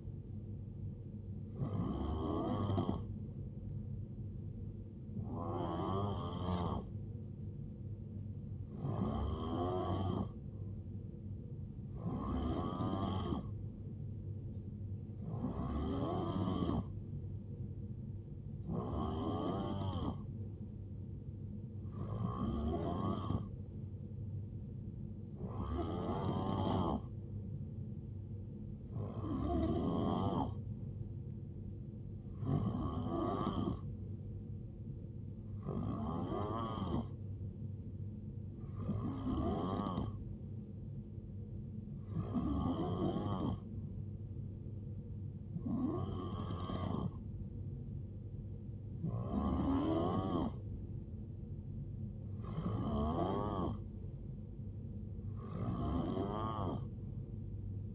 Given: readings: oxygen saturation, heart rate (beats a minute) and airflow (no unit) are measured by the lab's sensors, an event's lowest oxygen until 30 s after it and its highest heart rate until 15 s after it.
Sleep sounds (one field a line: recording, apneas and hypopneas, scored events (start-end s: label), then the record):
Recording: breathing in sleep by a smartphone at the bedside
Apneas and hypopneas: none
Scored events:
none scored
From the record:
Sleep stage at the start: N3 (deep sleep)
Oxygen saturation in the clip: 90 to 91%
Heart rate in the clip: 59 to 76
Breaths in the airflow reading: 17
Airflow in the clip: -9.3 to 5.0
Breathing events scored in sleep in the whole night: 389 in 6.3 hours asleep